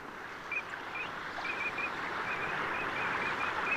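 Eurasian teal calls, brief high whistled chirps in quick loose series, partly masked by a constant broad rushing noise.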